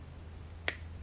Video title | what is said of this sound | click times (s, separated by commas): Chain fitting | There's one click. | 0.7 s